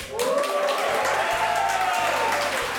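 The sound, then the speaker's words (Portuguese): A live audience at a show's first recording with three hosts in front of a crowd applauds steadily with dense, continuous clapping and scattered cheers and whoops rising above it, holding at a fairly loud level throughout. “É a primeira vez que a gente tá gravando o programa ao vivo, não só ao vivo com plateia, mas ao vivo nós três no mesmo recinto.”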